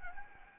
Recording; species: mosquito wingbeat signal from an infrared sensor; Anopheles gambiae